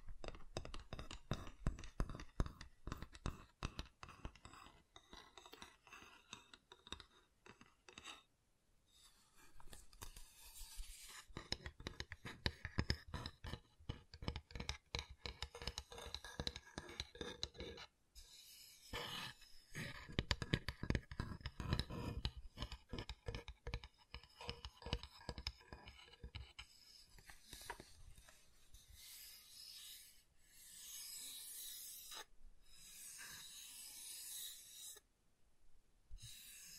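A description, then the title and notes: Wood triggers: rapid, dense tapping and scratching on wood, with quick clicks packed closely together and bursts of rubbing and rasping. The rhythm shifts between sections, with brief pauses near 8, 18 and 35 seconds and brighter scraping toward the end. ASMR Calming Wood Triggers for Sleep (No Talking).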